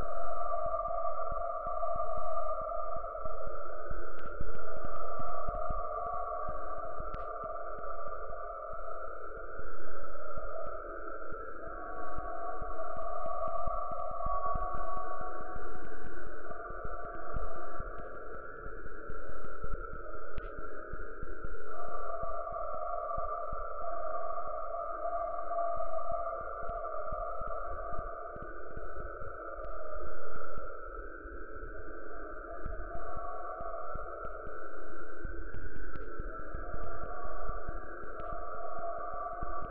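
Processed sound of Niagara Falls, turned into sustained droning tones stacked in a few bands, from a low hum to a thin high whine. The tones swell and wobble in slow wa-wa sweeps, over a constant low grumble dotted with faint clicks and ticks throughout.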